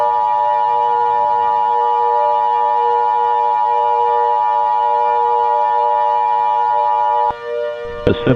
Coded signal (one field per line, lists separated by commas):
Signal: Emergency Alert System (SAME) tones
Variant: 853 and 960 Hz attention tone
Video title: EAS Scenario 8: Volcanic Nightmare Remastered